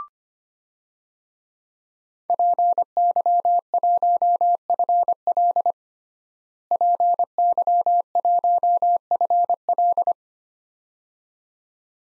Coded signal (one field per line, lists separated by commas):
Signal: Morse code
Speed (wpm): 25 wpm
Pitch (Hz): 700 Hz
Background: none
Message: PY1FL PY1FL